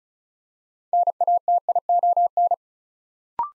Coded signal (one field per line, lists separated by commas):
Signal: Morse code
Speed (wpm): 36 wpm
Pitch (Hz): 700 Hz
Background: none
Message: NATION